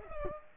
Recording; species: mosquito wingbeat signal from an infrared sensor; Culex pipiens